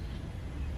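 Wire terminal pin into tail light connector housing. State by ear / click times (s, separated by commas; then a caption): not seated / none. A white wire's terminal pin is handled and pushed toward its slot in the plastic connector housing of an EVOffer Eagle Eye tail light for a Tesla Model 3/Y. Only a steady low rumble with broadband noise is heard, with no sharp transients. Nothing has seated or clicked yet.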